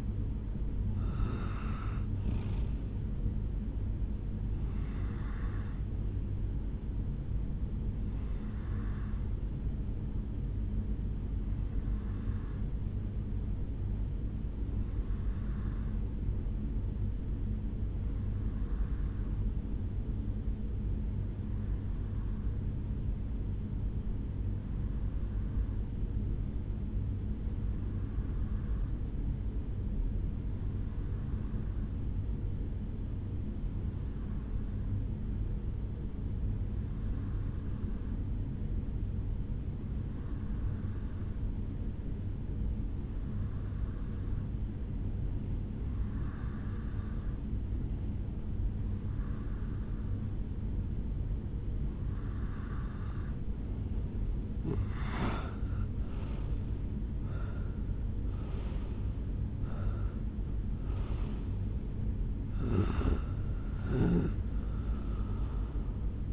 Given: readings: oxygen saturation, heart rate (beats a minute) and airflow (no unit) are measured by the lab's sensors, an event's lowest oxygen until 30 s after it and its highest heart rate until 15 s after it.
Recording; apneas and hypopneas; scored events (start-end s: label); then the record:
breathing in sleep by a smartphone at the bedside; 1
13.00-54.80 s: hypopnea (N1, oxygen 96% highest, then 89% lowest, heart rate 64 at the start, 78 highest)
23.00-53.00 s: new sleep stage, N2 (light sleep)
53.00-66.33 s: new sleep stage, N1 (lightest sleep)
From the record:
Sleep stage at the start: N1 (lightest sleep); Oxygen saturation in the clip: 89 to 96%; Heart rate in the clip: 61 to 78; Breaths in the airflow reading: 19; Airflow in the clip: -7.9 to 6.6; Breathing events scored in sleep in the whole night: 449 in 7.0 hours asleep